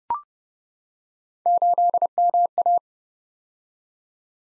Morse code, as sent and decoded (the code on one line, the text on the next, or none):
---.. -- .-
8MA